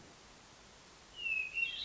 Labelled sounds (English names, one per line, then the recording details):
Hermit Thrush
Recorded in Sonoma County, California